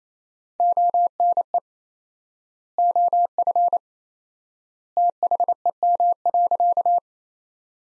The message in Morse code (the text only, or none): ONE OF THEM.